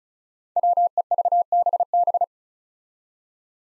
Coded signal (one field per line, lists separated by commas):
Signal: Morse code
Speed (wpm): 36 wpm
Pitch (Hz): 700 Hz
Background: none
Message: WEVBB